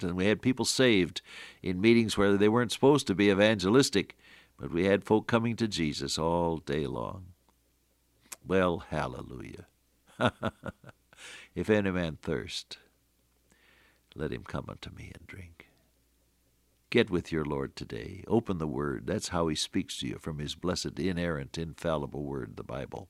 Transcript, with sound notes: And we had people saved in meetings where they weren’t supposed to be evangelistic, but we had folk coming to Jesus all day long. Well, Hallelujah. [chuckle] “If any man thirst, let him come up to Me and drink.” Get with your Lord today, open the Word, that’s how He speaks to you, from his blessed, inerrant, infallible Word, the Bible.